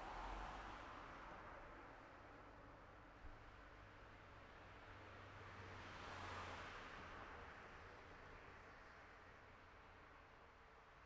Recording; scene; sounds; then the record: everyday scene through a hearing-aid microphone; in traffic; traffic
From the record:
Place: city secondary road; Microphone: behind the ear, left, rear